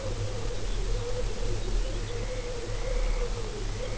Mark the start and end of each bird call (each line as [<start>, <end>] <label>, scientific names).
[0.36, 2.17] Calcarius lapponicus
[1.92, 3.98] Calidris alpina
[3.73, 3.93] Calcarius lapponicus